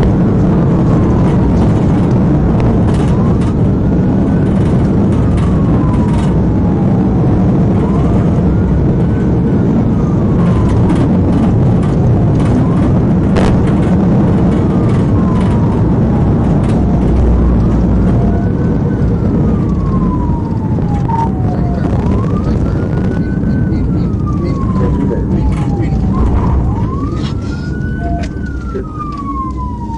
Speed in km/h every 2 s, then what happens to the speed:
163, 167, 167, 171, 172, 167, 174, 172, 148, 140, 119, 111, 69, 48, 31.
0-14 speeds up to 172. 14-28 brakes to 31.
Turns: none.